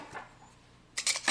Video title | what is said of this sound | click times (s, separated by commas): Battery replacement of Sector Watch 550, digital analog, Swiss made | okay you heard a click so | 1.0 s